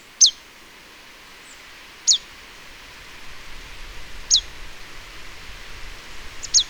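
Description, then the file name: Marsh tit giving single sharp, high, downward-sweeping notes, one roughly every two seconds, four in all. "Poecile palustris"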